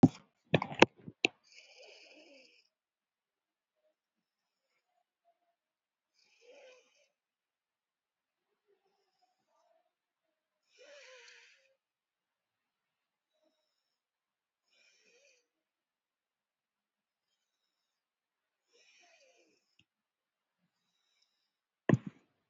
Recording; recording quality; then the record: shallow breathing; excellent, no background noise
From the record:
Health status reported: COVID-19 positive, mild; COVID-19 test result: positive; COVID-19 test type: RT-PCR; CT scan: not taken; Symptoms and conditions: cough, cold, sore throat, muscle pain, loss of smell and taste, hypertension, ischaemic heart disease, another condition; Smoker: no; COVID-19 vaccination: both doses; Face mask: worn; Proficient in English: yes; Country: India